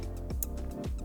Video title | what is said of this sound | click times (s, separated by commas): Honda Fit (GD3) Gets Aftermarket Steering Wheel (MOMO Montecarlo) | so you'll hear it snap | 0.4 s